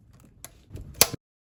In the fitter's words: Just heard him click.